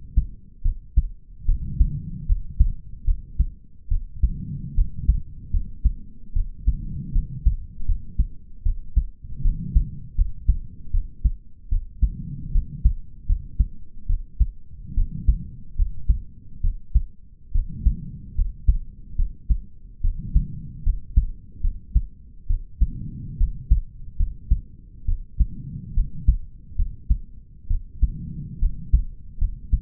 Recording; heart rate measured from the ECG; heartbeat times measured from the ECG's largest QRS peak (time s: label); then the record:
heart sounds by stethoscope; 73 bpm
0.62 s: heartbeat
1.45 s: heartbeat
2.26 s: heartbeat
3.05 s: heartbeat
3.88 s: heartbeat
4.75 s: heartbeat
5.51 s: heartbeat
6.33 s: heartbeat
7.12 s: heartbeat
7.85 s: heartbeat
8.63 s: heartbeat
9.42 s: heartbeat
10.15 s: heartbeat
10.91 s: heartbeat
11.69 s: heartbeat
12.52 s: heartbeat
13.26 s: heartbeat
14.07 s: heartbeat
14.94 s: heartbeat
15.76 s: heartbeat
16.61 s: heartbeat
17.52 s: heartbeat
18.35 s: heartbeat
19.16 s: heartbeat
20.01 s: heartbeat
20.83 s: heartbeat
21.61 s: heartbeat
22.47 s: heartbeat
23.37 s: heartbeat
24.16 s: heartbeat
25.05 s: heartbeat
25.94 s: heartbeat
26.76 s: heartbeat
27.67 s: heartbeat
28.59 s: heartbeat
29.38 s: heartbeat
From the record:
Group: healthy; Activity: rest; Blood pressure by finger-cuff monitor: 101/76 mmHg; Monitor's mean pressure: 83 mmHg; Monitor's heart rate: 74 bpm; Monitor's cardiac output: 5.1 L/min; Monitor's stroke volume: 70 mL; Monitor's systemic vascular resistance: 1170 dyn s/cm5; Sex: male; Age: 20 years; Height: 187 cm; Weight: 68.9 kg